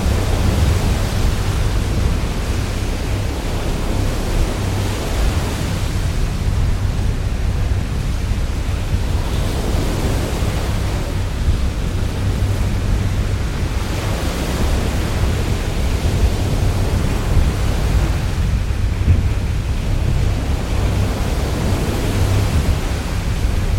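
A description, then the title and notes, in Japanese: A stormy sea roars without pause, a thick, unbroken wash of wind and water with a heavy low rumble underneath. The roar holds steady in loudness, with faint surges swelling and easing every few seconds. 嵐の海。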